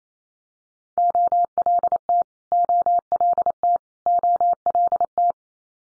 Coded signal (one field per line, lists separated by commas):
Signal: Morse code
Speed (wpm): 28 wpm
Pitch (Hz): 700 Hz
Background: none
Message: OLT OLT OLT